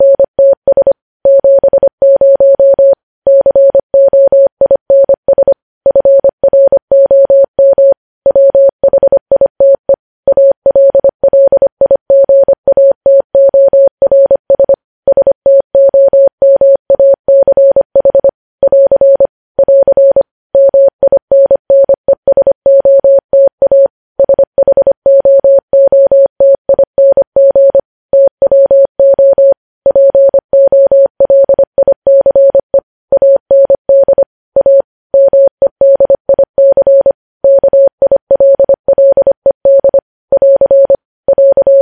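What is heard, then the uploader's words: Morse code keyed as a steady mid-pitched tone, rapid dots and dashes separated by short silences, running continuously without background noise throughout. Morse code transcription.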